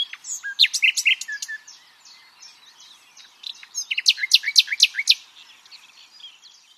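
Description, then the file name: Common nightingale song: two loud, varied phrases of sharp repeated notes and rich whistles, separated by a stretch of softer twittering. "Luscinia megarhynchos"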